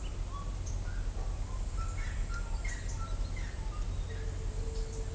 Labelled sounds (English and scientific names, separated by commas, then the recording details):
Gray-cowled Wood-Rail (Aramides cajaneus)
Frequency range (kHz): Gray-cowled Wood-Rail (Aramides cajaneus) 0.7-2.2 kHz
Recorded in shrubland near Pivijay, Magdalena, Colombia, on 2 June 2023 at 09:30
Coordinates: 10.453, -74.365
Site P5-G022